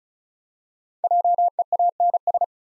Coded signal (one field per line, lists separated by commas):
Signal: Morse code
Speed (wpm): 36 wpm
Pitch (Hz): 700 Hz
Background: none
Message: JEANS